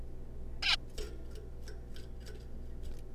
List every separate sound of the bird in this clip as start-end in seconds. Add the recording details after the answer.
0.63-0.76. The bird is a juvenile. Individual R3549